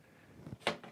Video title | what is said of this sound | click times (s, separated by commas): What Gutter Guards should you get and do they really work? | first of all you would slide this in underneath the shingle and then you pull it down and it clicks right in there | 0.7 s